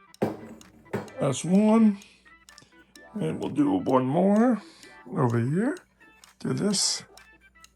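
A second ball clip is handled and lined up to be pressed into another 3D-printed pole section while someone talks, with a few short handling knocks in between. Nothing has seated or clicked yet; the clip ends just before the ball goes home.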